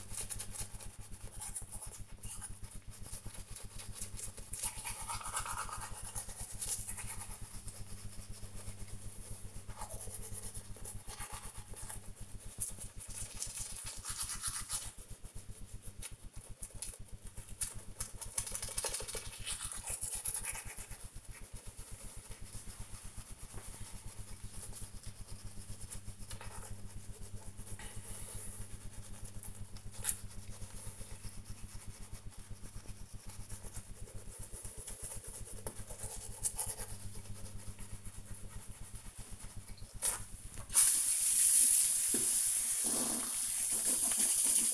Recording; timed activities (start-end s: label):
household activities, microphone on the right wrist
0.00-44.74 s: brushing teeth